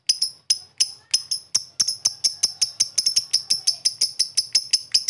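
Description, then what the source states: Lovebird chatter, sharp high chips starting sparse and quickening into a steady rapid ticking series. Pet lovebird, long 'ngekek' chatter style, recorded as a master recording for training other pet birds, Indonesia.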